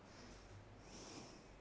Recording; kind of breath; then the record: one breath in and out by a microphone near the nose and mouth; normal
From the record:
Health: marked as sick, illness not named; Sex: female